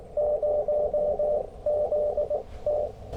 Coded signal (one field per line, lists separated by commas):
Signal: Morse code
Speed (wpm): 19 wpm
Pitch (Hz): 600 Hz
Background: none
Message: 0ZT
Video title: Quick CW POTA Activation After Work | Kentucky Horse Park #qrp #cw #parksontheair